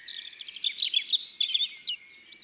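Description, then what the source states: European robin song, a high, tinkling run of varied notes and short trills, shifting in pitch from phrase to phrase, over a quiet background. Robin song described as very high-pitched and never the same, always inventing lots of little tunes; heard while sitting under an oak.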